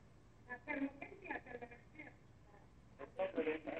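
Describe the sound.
A caller's television plays in the background over a thin, tinny telephone line during a live call-in show with a sheikh, its muffled voices coming in uneven bursts with short pauses between them.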